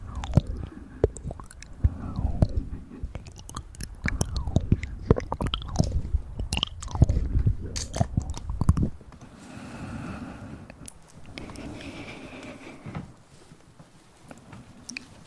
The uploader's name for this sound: Intense Ear Massage & Mouth Sounds